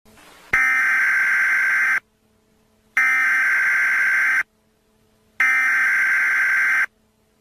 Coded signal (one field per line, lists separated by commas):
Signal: Emergency Alert System (SAME) tones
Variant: header bursts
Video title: S1 E7: Emergency Alert System